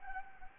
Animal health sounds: mosquito wingbeat signal from an infrared sensor; Anopheles gambiae

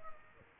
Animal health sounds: mosquito wingbeat signal from an infrared sensor; Aedes aegypti

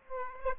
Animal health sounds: mosquito wingbeat signal from an infrared sensor; Aedes aegypti

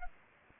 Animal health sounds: mosquito wingbeat signal from an infrared sensor; Anopheles arabiensis

